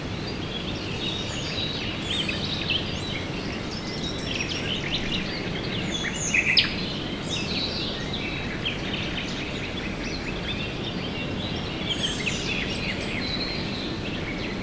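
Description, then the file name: Birds chorusing, scattered sharp chirps and warbled phrases, one brief louder note near the middle, above a steady hiss. Recorded at dawn, 5 a.m. "hajnal 5 ora madarak"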